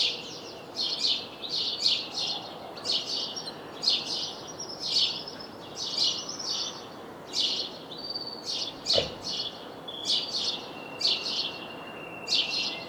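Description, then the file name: House sparrow chirping, short bright chirps repeated in bursts about every second, steady and insistent, over light background hiss. "Passer domesticus"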